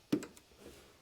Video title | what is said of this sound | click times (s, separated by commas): 2007-2012 Nissan Altima Headlight Bulbs Replacement How To DIY | Push it on until it clicks. | 0.1 s